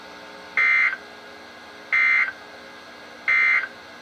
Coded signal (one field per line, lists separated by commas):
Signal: Emergency Alert System (SAME) tones